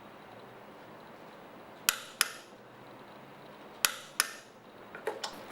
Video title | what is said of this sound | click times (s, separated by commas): How To Set Torque Value and Use Click Style Torque Wrench | Set the wrench for 35 foot-pounds, then tighten each pedal until you hear a click, | 1.9 s, 2.2 s, 3.9 s, 4.2 s